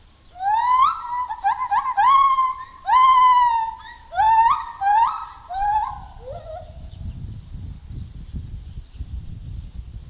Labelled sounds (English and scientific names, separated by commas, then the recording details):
Lar Gibbon (Hylobates lar) call
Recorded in captivity
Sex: male
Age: adult
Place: Zoo Berlin, Berlin, DE
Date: 2000-12-12 13:30
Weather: bedeckt, 12°C
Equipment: Nagra SN, Kopie Uher 4000 Report Monitor
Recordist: Tembrock, Günter